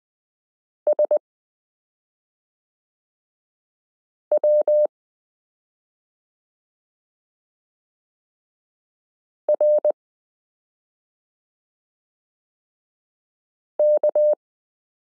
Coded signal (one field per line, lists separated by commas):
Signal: Morse code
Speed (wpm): 20 wpm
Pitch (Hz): 600 Hz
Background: none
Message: SW RK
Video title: Morse Code Listening Lesson 12 - m k r s u a p t l o w i (.) period